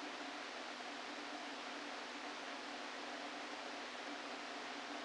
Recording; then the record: brain microelectrode recording played as sound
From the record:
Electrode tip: outside the subthalamic nucleus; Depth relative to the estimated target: 4 mm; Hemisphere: left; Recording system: NeuroSet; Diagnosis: Parkinson's disease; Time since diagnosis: 13 years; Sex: male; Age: 49 years